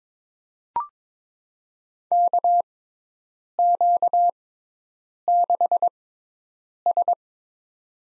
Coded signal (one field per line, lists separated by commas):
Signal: Morse code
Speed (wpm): 22 wpm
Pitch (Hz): 700 Hz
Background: none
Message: KQ6S